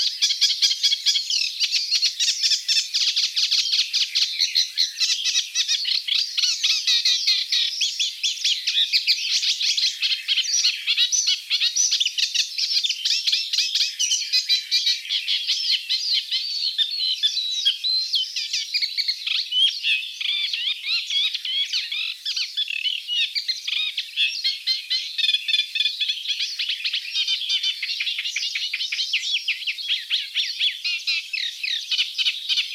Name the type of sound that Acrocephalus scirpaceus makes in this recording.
song